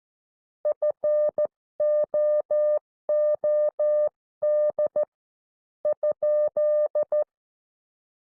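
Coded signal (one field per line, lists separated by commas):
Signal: Morse code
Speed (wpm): 13 wpm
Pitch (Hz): 600 Hz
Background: none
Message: FOOD ?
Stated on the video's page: Recorded Morse class.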